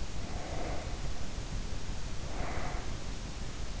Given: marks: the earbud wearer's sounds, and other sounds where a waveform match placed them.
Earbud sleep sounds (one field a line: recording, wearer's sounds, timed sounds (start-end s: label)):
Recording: sounds in sleep by an in-ear microphone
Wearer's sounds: breath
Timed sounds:
0.00-3.41 s: breath